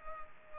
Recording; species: mosquito wingbeat signal from an infrared sensor; Culex pipiens